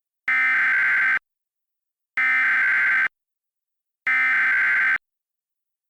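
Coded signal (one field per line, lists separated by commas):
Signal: Emergency Alert System (SAME) tones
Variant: header bursts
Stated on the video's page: Simulated EAS mock Civil Emergency Message with valid SAME header tones.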